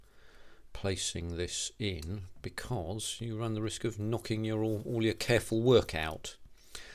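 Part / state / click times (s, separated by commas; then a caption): plastic interior part into a scale-model aircraft fuselage half / not seated / none. A plastic interior assembly for a 1/48 scale Vought Corsair model aircraft is handled and about to be pressed into one fuselage half while someone talks throughout. The part has not seated or clicked into place yet.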